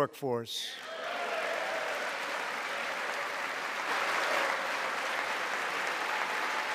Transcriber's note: applause